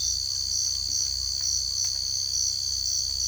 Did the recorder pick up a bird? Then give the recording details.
no. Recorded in secondary vegetation near Puerto Asís, Putumayo, Colombia, on 18 December 2024 at 05:30. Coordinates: 0.488, -76.319. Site GP04